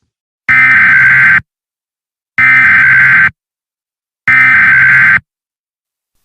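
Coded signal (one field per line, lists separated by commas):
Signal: Emergency Alert System (SAME) tones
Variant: header bursts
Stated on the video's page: Fictional EAS scenario story.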